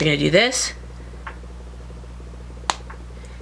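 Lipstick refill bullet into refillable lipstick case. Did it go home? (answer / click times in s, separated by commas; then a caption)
yes / 2.7 s. Someone talks briefly, then pushes a lipstick refill bullet into a refillable lipstick case, holding the two upside down as designed. A faint tap comes at about 1.3 s, and a sharp, short click at 2.7 s shows the refill has seated in the case, the sign that everything is okay. A softer tick follows at about 2.9 s.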